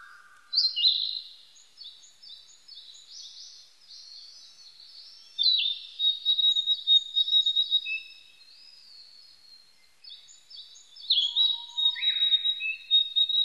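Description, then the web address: Narcissus flycatcher singing loud, high whistled phrases that slur downward, with bursts of quick repeated notes and fainter overlapping high chirps throughout. Recorded on 25 April 1998. "1998 980425 kibitaki"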